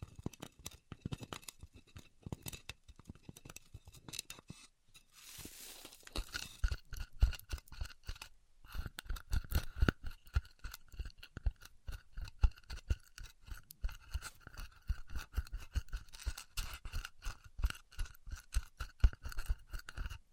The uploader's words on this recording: ASMR Styrofoam Heat Cutting (No Talking).